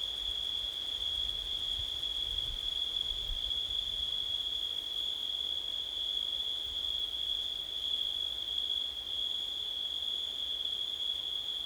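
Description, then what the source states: Crickets chirping in a steady, unbroken high trill, with a soft low rumble of wind around two to three seconds in. Crickets recorded on a windy September night.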